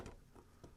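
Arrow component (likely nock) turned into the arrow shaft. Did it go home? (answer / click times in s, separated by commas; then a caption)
no / none. After being taken out of a clamp, a component on an arrow shaft, probably the lighted nock or the insert, is turned by hand to be clicked into place. Faint handling rustles sound at the start, with a small tick near 0.4 s and another soft rub around 0.65 s. Nothing has seated or clicked yet; the part is not yet home.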